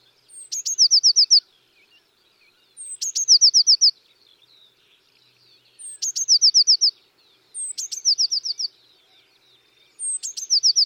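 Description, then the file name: Eurasian Blue Tit song: high thin notes leading into a fast trill, five phrases a few seconds apart, quiet background. "Cyanistes caeruleus"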